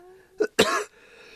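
Two quick cough bursts from an adult: a brief first cough followed at once by a stronger, slightly longer one, with no wheeze or whoop after. A single isolated coughing fit over a faint steady background hum.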